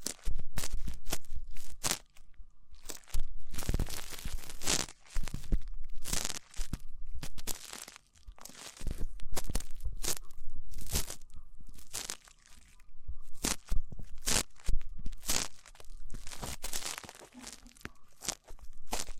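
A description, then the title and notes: Rough ear cleaning: loud crunching, crinkling scrapes come in dense bursts, each lasting a second or two, with brief quiet gaps between them. The scratchy strokes are bright and irregular, and a faint steady tone hums underneath throughout. ASMR Rough Ear Cleaning (No Talking).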